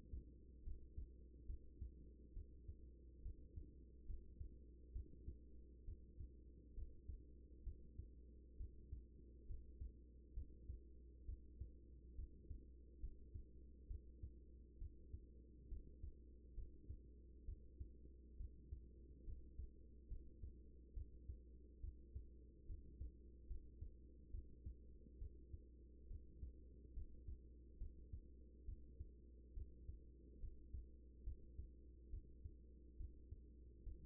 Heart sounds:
heart sounds by stethoscope; 69 bpm
0.63 s: heartbeat
1.46 s: heartbeat
2.33 s: heartbeat
3.22 s: heartbeat
4.06 s: heartbeat
4.92 s: heartbeat
5.84 s: heartbeat
6.74 s: heartbeat
7.63 s: heartbeat
8.57 s: heartbeat
9.46 s: heartbeat
10.33 s: heartbeat
11.25 s: heartbeat
12.15 s: heartbeat
13.00 s: heartbeat
13.87 s: heartbeat
14.78 s: heartbeat
15.68 s: heartbeat
16.54 s: heartbeat
17.45 s: heartbeat
18.37 s: heartbeat
19.24 s: heartbeat
20.08 s: heartbeat
20.93 s: heartbeat
21.80 s: heartbeat
22.66 s: heartbeat
23.47 s: heartbeat
24.31 s: heartbeat
25.18 s: heartbeat
26.07 s: heartbeat
26.93 s: heartbeat
27.78 s: heartbeat
28.65 s: heartbeat
29.53 s: heartbeat
30.39 s: heartbeat
31.23 s: heartbeat
32.10 s: heartbeat
32.97 s: heartbeat
33.83 s: heartbeat
From the record:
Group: healthy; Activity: rest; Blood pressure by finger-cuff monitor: 107/63 mmHg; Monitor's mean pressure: 81 mmHg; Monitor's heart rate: 69 bpm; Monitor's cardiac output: 6.1 L/min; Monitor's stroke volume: 88 mL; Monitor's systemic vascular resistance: 970 dyn s/cm5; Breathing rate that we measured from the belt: 18 breaths a minute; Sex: female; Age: 24 years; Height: 163 cm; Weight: 55.7 kg

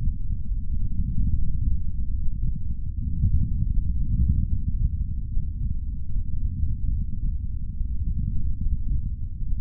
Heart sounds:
heart sounds by stethoscope; 74 bpm
0.50 s: heartbeat
1.30 s: heartbeat
2.11 s: heartbeat
2.92 s: heartbeat
3.69 s: heartbeat
4.48 s: heartbeat
5.28 s: heartbeat
6.09 s: heartbeat
6.90 s: heartbeat
7.73 s: heartbeat
8.58 s: heartbeat
9.44 s: heartbeat
From the record:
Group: healthy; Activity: breath hold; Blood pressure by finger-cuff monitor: 93/58 mmHg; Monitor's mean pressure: 68 mmHg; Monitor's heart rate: 74 bpm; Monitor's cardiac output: 5.5 L/min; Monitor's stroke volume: 71 mL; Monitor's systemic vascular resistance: 880 dyn s/cm5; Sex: male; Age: 22 years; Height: 181 cm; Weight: 60 kg

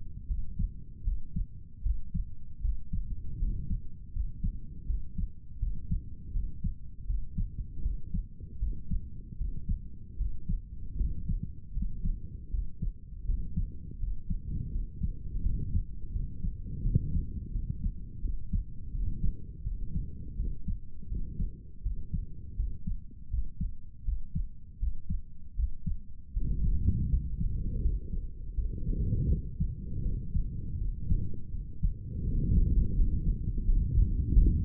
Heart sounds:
heart sounds by stethoscope; 81 bpm
0.27 s: heartbeat
1.04 s: heartbeat
1.82 s: heartbeat
2.61 s: heartbeat
3.39 s: heartbeat
4.12 s: heartbeat
4.86 s: heartbeat
5.59 s: heartbeat
6.32 s: heartbeat
7.06 s: heartbeat
7.82 s: heartbeat
8.59 s: heartbeat
9.37 s: heartbeat
10.17 s: heartbeat
10.97 s: heartbeat
11.73 s: heartbeat
12.50 s: heartbeat
13.25 s: heartbeat
13.99 s: heartbeat
14.71 s: heartbeat
15.42 s: heartbeat
16.12 s: heartbeat
16.82 s: heartbeat
17.52 s: heartbeat
18.21 s: heartbeat
18.91 s: heartbeat
19.63 s: heartbeat
20.36 s: heartbeat
21.08 s: heartbeat
21.82 s: heartbeat
22.56 s: heartbeat
23.30 s: heartbeat
24.04 s: heartbeat
24.79 s: heartbeat
25.55 s: heartbeat
26.33 s: heartbeat
27.09 s: heartbeat
27.81 s: heartbeat
28.54 s: heartbeat
29.28 s: heartbeat
30.02 s: heartbeat
30.78 s: heartbeat
31.51 s: heartbeat
32.24 s: heartbeat
32.95 s: heartbeat
33.64 s: heartbeat
34.33 s: heartbeat
From the record:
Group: healthy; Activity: cold pressor test 0-28 s, rest 28-35 s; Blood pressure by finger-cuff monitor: 115/77 mmHg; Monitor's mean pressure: 85 mmHg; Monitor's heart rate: 81 bpm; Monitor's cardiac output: 6.4 L/min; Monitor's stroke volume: 80 mL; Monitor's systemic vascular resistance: 960 dyn s/cm5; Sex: male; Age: 35 years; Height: 180 cm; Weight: 86.9 kg

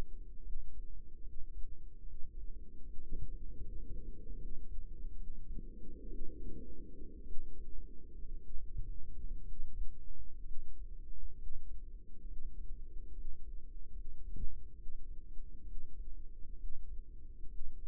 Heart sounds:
heart sounds by microphone in the right ear; 67 bpm
0.41 s: heartbeat
1.20 s: heartbeat
2.01 s: heartbeat
2.82 s: heartbeat
3.58 s: heartbeat
4.35 s: heartbeat
5.13 s: heartbeat
6.06 s: heartbeat
7.23 s: heartbeat
8.37 s: heartbeat
9.42 s: heartbeat
10.41 s: heartbeat
11.34 s: heartbeat
12.23 s: heartbeat
13.10 s: heartbeat
13.90 s: heartbeat
14.73 s: heartbeat
15.63 s: heartbeat
16.54 s: heartbeat
17.46 s: heartbeat
From the record:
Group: healthy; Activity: rest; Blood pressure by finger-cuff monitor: 139/78 mmHg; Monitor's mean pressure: 97 mmHg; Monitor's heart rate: 67 bpm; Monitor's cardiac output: 6.3 L/min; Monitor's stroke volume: 91 mL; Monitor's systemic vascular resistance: 1190 dyn s/cm5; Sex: female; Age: 22 years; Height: 171 cm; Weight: 65.6 kg

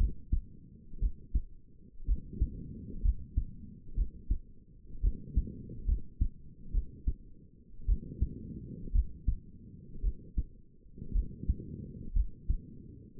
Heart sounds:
heart sounds by stethoscope; 59 bpm
1.00 s: heartbeat
2.07 s: heartbeat
3.03 s: heartbeat
3.96 s: heartbeat
5.02 s: heartbeat
5.87 s: heartbeat
6.73 s: heartbeat
7.87 s: heartbeat
8.93 s: heartbeat
10.02 s: heartbeat
11.13 s: heartbeat
12.14 s: heartbeat
From the record:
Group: healthy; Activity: rest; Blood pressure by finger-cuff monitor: 104/59 mmHg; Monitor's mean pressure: 75 mmHg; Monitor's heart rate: 59 bpm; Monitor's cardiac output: 6 L/min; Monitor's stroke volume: 97 mL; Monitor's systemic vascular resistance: 890 dyn s/cm5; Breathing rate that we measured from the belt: 20 breaths a minute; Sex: female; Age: 28 years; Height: 170 cm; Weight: 77 kg

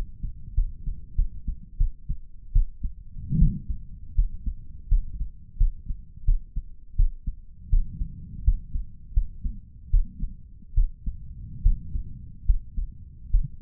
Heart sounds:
heart sounds by stethoscope; 80 bpm
0.54 s: heartbeat
1.15 s: heartbeat
1.77 s: heartbeat
2.52 s: heartbeat
3.38 s: heartbeat
4.15 s: heartbeat
4.88 s: heartbeat
5.57 s: heartbeat
6.25 s: heartbeat
6.96 s: heartbeat
7.69 s: heartbeat
8.44 s: heartbeat
9.13 s: heartbeat
9.90 s: heartbeat
10.74 s: heartbeat
11.62 s: heartbeat
12.45 s: heartbeat
13.30 s: heartbeat
From the record:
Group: healthy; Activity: rest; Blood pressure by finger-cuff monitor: 122/71 mmHg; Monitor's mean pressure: 88 mmHg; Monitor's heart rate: 81 bpm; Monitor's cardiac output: 6.7 L/min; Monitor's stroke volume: 80 mL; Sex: male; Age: 35 years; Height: 178 cm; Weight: 64 kg

